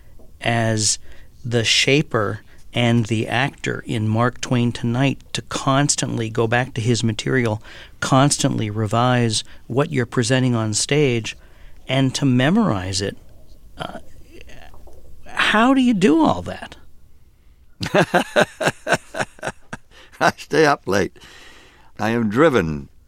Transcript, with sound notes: as the shaper and the actor in "Mark Twain Tonight," to constantly go back to his material, constantly revise what you're presenting on stage, and to memorize it. How do you do all that?
(Soundbite of laughter) I stay up late. I am driven